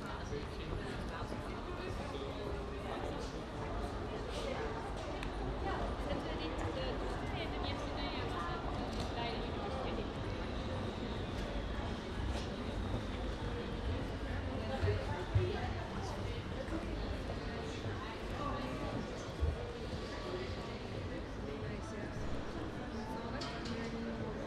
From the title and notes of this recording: Metro Rotterdam Coolhaven - Schiedam Centrum. Recording of waiting for the metro and the subsequent trip from Rotterdam Coolhaven to Schiedam Centrum.